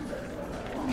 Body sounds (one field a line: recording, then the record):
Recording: background sound without coughing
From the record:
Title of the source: 60 minutes of coffee shop sounds for study and concentration